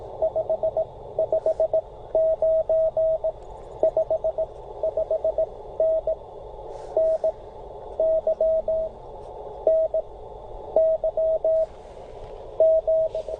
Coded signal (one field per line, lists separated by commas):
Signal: Morse code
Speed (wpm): 17 wpm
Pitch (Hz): 640 Hz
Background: radio noise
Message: 559 55N N Y N Y M